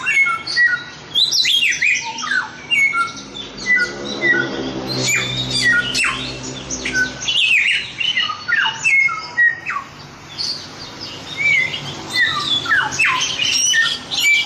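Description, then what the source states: Chinese grosbeak singing a long, varied series of clear falling whistles and rasping squawks. Phrases follow each other almost without pause, with a brief low hum midway. Masteran song, used to train other birds to sing; Indonesian name samyong.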